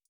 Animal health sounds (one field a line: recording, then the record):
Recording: hydrophone in a shrimp aquaculture tank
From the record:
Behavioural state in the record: feeding